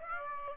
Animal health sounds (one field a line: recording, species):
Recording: mosquito wingbeat signal from an infrared sensor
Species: Aedes aegypti